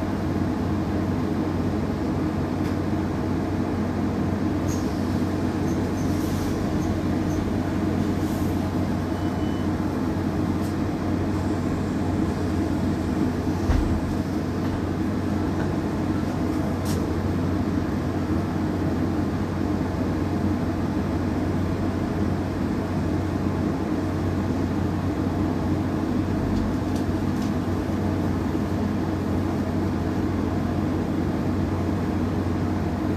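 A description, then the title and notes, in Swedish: A bus ride: a steady, dense engine and road rumble fills the whole recording, heaviest in the low end, with an even hum underneath. Loudness barely changes. Faint higher clicks and rattles turn up now and then, with a brief thump near fourteen seconds. Lyssna in Min Bussresa - Lunchtid klockan 11:29.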